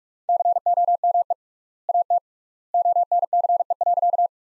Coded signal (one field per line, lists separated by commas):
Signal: Morse code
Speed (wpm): 41 wpm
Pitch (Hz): 700 Hz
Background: none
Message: COME AT ONCE.